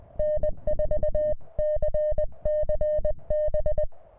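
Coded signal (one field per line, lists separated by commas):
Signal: Morse code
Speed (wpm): 23 wpm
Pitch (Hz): 600 Hz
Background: music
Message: N4CCB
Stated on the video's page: CW contest contacts in the New England QSO Party using an MTR3B QRP radio from a ridge.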